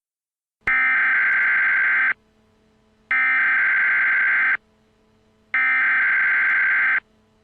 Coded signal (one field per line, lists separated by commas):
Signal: Emergency Alert System (SAME) tones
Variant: header bursts